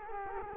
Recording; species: mosquito wingbeat signal from an infrared sensor; Culex quinquefasciatus